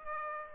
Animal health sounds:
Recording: mosquito wingbeat signal from an infrared sensor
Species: Aedes aegypti

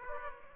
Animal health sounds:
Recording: mosquito wingbeat signal from an infrared sensor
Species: Aedes aegypti

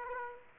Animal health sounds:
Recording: mosquito wingbeat signal from an infrared sensor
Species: Aedes aegypti

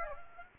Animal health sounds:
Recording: mosquito wingbeat signal from an infrared sensor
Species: Aedes aegypti

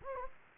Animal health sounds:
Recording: mosquito wingbeat signal from an infrared sensor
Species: Anopheles gambiae

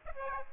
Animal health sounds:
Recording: mosquito wingbeat signal from an infrared sensor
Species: Aedes aegypti

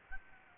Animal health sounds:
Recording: mosquito wingbeat signal from an infrared sensor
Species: Aedes albopictus

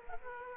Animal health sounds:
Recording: mosquito wingbeat signal from an infrared sensor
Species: Aedes aegypti

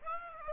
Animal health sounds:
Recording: mosquito wingbeat signal from an infrared sensor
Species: Aedes aegypti

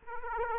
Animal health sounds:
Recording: mosquito wingbeat signal from an infrared sensor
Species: Aedes aegypti

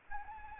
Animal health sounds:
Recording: mosquito wingbeat signal from an infrared sensor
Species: Anopheles arabiensis

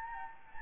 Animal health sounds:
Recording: mosquito wingbeat signal from an infrared sensor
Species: Anopheles gambiae

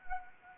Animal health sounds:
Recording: mosquito wingbeat signal from an infrared sensor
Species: Anopheles arabiensis

